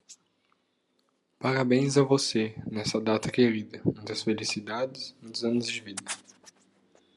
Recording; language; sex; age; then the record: short text; Brazilian Portuguese; male; 20 to 29 years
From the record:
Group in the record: control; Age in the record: 25 years